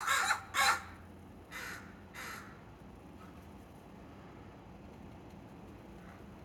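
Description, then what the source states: Crow caws: two quick pairs of harsh, raspy caws within the first two and a half seconds, followed by quiet background hiss. Several crows cawing at each other in a tree.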